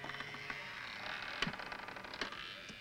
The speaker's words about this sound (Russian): Открывают входную дверь.